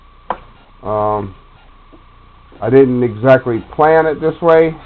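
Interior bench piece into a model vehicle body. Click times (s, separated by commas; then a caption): 0.3 s. A bench insert is pressed into a model vehicle's interior body and snaps into place like the floor piece, with a sharp click at 0.3 s. Someone talks afterward, and the bench is seated.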